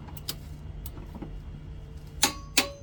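A click-type torque wrench set to 60 ft-lb tightens a mounting bolt of a Toyota Highlander (2020-2026) OEM tow hitch, installed without bumper removal. Faint ticks come early, then two sharp, bright clicks at 2.2 s and 2.6 s. The wrench has clicked at its setting, and the bolt is torqued.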